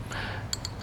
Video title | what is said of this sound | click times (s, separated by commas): PERFORMANCE MACHINE CONTOUR GRIP INSTALL - 2019 ROAD GLIDE SPECIAL | you should hear a feel it or hear it pop there as you | 0.5 s